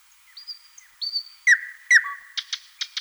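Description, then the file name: Thrush nightingale song: soft high whistles, two loud falling notes with a held tone, then a few harsh clicking bursts. "solovey obyknovennyy golos"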